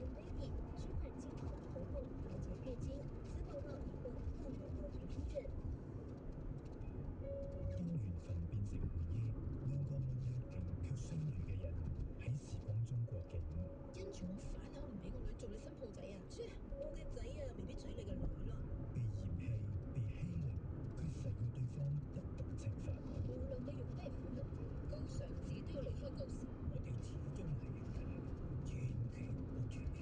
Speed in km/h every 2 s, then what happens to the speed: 90, 89, 85, 82, 76, 73, 72, 70, 71, 73, 74, 78, 79, 79, 80.
0-14 slows to 70. 14-30 speeds up to 80.